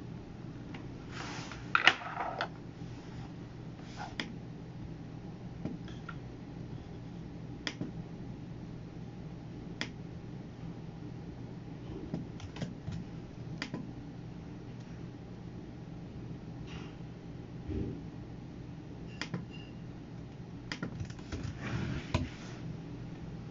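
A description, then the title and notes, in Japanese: Computer work: a steady low hum runs throughout, like a machine's fan. Sharp clicks and taps land irregularly every second or two, with a small cluster near the start and a busier patch toward the end. パソコン作業中の音です。Eluに画像を出品する → メール送信など他のことを行う → eluに画像を出品する の順で行っています。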